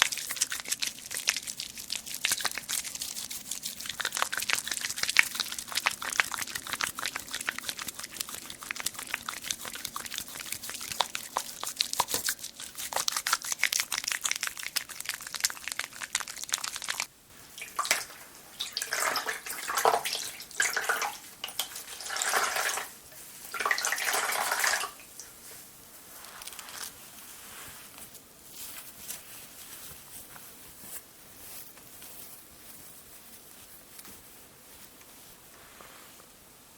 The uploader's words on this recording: TimASMR-Layered Skin Care Sounds (Cleansing, Scrubbing, Tapping, Face Touching, No Talking).